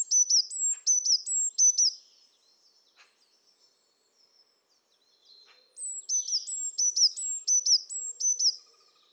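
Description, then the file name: Eurasian blue tit calling: high, thin phrases, each a held note dropping into two quick falling notes, several at first, then a quiet gap and a longer run. "Cyanistes caeruleus"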